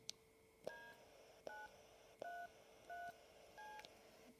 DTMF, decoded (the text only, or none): D933C